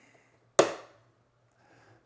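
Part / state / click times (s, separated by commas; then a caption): plastic gauge cluster bezel clip into dashboard / seated / 0.6 s. A plastic gauge cluster bezel (trim) is pressed into the dashboard at its bottom edge until its clip snaps home. A single loud, sharp click at 0.6 s rings down over about 0.3 s against a quiet background with a faint low hum. The bottom clip is seated.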